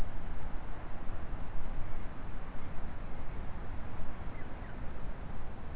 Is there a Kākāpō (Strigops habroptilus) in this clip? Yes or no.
no